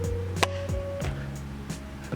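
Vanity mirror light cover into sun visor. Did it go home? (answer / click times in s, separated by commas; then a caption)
yes / 0.4 s. A plastic vanity mirror light cover is set into a sun visor at the top, then pushed in at the bottom until it snaps home. A sharp click at 0.4 s sits over a steady tonal background hum, with a fainter tick near 2.1 s. The cover is seated.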